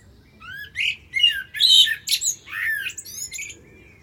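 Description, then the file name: Common blackbird song: a mellow fluty phrase of rising whistles that breaks into harsh, high twittering. "Turdus merula"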